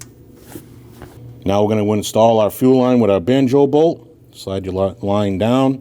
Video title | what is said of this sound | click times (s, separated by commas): How to Replace High Pressure Fuel Pump 2012-2021 Nissan NV2500 5.6L V8 | To install your connector back onto your high-pressure fuel pump, slide straight up, listen for the click. | 0.0 s